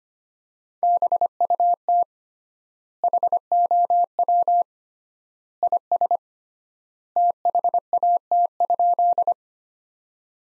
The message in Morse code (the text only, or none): BUT HOW IS THAT?